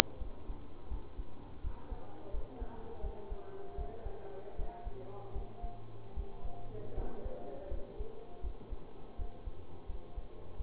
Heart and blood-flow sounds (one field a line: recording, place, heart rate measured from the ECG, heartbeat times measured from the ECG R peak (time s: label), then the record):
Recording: heart sounds by stethoscope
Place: between the tricuspid and mitral areas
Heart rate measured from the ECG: 81 bpm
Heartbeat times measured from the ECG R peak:
0.19 s: heartbeat
0.89 s: heartbeat
1.62 s: heartbeat
2.32 s: heartbeat
3.02 s: heartbeat
3.76 s: heartbeat
4.57 s: heartbeat
5.34 s: heartbeat
6.15 s: heartbeat
6.95 s: heartbeat
7.69 s: heartbeat
8.42 s: heartbeat
9.17 s: heartbeat
9.87 s: heartbeat
10.58 s: heartbeat
From the record:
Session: bicycle stress test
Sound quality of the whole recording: good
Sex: male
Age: 24 years